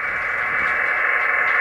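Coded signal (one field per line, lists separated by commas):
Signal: computer data on cassette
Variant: modem-style FSK tones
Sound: steady dense modem-like hiss and warble filling the midrange, no pauses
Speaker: let me pause this and turn the volume up on this what does it sound like a modem so essentially uh you know we're using we encoding the data on the set using uh just i think all using audio so it works the same way as all-star modems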